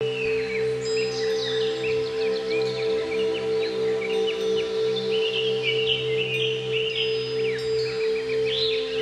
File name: cucak ijo